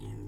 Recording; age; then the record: pig call; weaner (32 to 43 days)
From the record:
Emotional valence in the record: negative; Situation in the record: negative conditioning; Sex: female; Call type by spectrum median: low-frequency call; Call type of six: low-frequency stable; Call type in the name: low-frequency stable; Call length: 0.28 s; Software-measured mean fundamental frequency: 43 Hz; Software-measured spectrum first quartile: 90 Hz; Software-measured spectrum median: 173 Hz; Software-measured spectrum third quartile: 444 Hz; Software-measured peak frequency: 110 Hz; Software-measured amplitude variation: 62 dB a second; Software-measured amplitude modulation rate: 25.2 a second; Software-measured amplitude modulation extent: 2.4 dB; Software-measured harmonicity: -2.0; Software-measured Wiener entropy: 0.04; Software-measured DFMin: 912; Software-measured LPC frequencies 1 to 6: 270, 1958, 3001, 4941, 6671, 7939 Hz